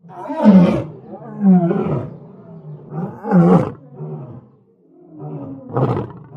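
Lion roaring: a series of deep, throaty grunting roars, each swelling and fading, with short pauses between them.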